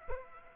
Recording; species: mosquito wingbeat signal from an infrared sensor; Aedes aegypti